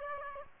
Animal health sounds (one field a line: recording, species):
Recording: mosquito wingbeat signal from an infrared sensor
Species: Aedes aegypti